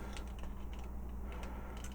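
A plastic assembly of a transforming robot toy is brought forward into the torso and locks into place with a click at 0.2 s, but only loosely, not very tightly. Several more light plastic clicks and taps follow over a steady low hum.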